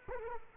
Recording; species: mosquito wingbeat signal from an infrared sensor; Culex quinquefasciatus